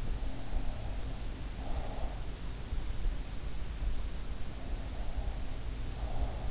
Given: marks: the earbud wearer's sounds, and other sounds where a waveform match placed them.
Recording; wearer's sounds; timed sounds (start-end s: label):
sounds in sleep by an in-ear microphone; breath
0.18-2.06 s: breath
4.49-6.51 s: breath